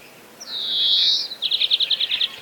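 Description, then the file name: European greenfinch giving a long buzzy wheeze held level for nearly a second, followed by a quick trill of about nine ringing notes. "zelenushka"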